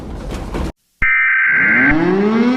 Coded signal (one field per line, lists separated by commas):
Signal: Emergency Alert System (SAME) tones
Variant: header bursts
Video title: EAS Scenario - Houston Tornado